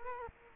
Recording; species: mosquito wingbeat signal from an infrared sensor; Culex quinquefasciatus